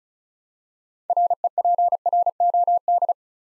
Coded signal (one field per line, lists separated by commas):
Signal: Morse code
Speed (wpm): 36 wpm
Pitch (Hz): 700 Hz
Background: none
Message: REPROD